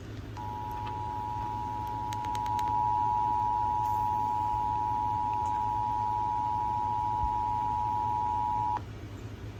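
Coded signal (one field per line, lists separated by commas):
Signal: Emergency Alert System (SAME) tones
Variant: 853 and 960 Hz attention tone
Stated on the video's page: Severe thunderstorm warning aired on an FM radio station, filmed from a camera pointed at a screen.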